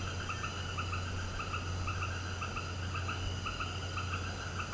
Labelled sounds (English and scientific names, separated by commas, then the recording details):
none
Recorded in pastures near Puerto Asís, Putumayo, Colombia, on 19 March 2025 at 18:00
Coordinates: 0.472, -76.329
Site G074